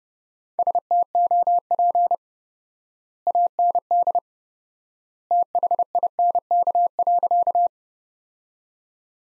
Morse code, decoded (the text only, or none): STOP AND THINK.